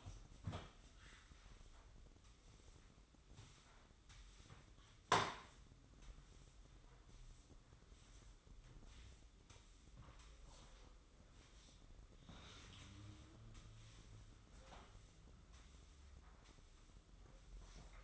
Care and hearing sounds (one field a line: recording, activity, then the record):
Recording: daily activity, microphone in the room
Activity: sweep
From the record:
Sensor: 3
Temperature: 24.5 degrees Celsius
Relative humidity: 30.4%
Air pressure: 995.9 hPa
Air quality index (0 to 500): 94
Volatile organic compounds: 12 ppm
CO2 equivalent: 2355 ppm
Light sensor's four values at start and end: 30/89/38/33 and 31/90/38/34